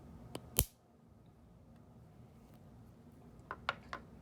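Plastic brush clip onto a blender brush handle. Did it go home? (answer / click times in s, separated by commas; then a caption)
yes / 0.6 s, 3.7 s. A plastic brush clip is snapped down onto a blender brush handle and rotated until it twists and locks in place. A sharp, bright pop is heard at 0.6 s and another at 3.7 s, each surrounded by smaller ticks, over a quiet background. The clip is seated.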